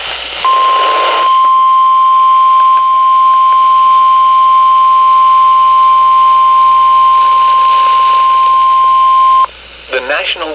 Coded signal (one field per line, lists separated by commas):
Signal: Emergency Alert System (SAME) tones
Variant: 1050 Hz attention tone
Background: speech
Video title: Severe Thunderstorm Warning 3 On KXI46 1/8/2026 (EAS #3,028)